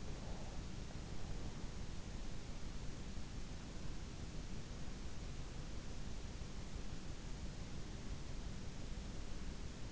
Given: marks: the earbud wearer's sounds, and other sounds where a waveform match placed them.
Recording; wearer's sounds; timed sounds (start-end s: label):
sounds in sleep by an in-ear microphone; breath
0.00-0.83 s: breath